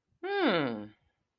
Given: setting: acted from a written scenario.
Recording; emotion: vocal sound without words; interest